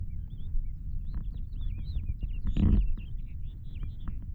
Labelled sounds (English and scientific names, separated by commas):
House Finch (Haemorhous mexicanus) song